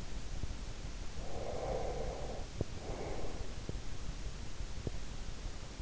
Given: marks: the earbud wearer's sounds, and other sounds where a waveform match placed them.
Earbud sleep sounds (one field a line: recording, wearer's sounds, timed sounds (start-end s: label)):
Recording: sounds in sleep by an in-ear microphone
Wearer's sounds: breath, teeth grinding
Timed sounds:
1.16-3.70 s: breath
2.47-2.81 s: teeth grinding
3.56-3.90 s: teeth grinding
4.81-5.04 s: teeth grinding